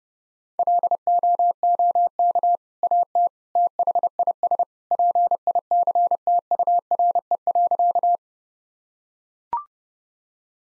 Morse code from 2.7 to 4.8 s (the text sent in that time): AT THIS